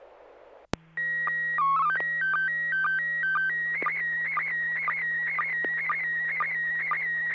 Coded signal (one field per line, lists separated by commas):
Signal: SSTV (slow-scan television)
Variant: PD 120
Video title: N6NA SSTV Net - 01/03/2024